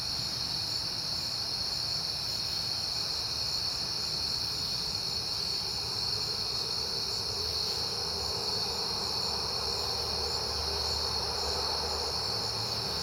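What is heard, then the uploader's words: Crickets trill in a steady, dense chorus through the night, bright and unbroken, over a faint low rumble of traffic. Night Time: Crickets and Passing Cars. It is September and I have been hearing the crickets a lot.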